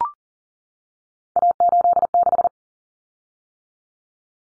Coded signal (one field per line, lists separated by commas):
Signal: Morse code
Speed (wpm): 40 wpm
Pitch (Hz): 700 Hz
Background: none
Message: A86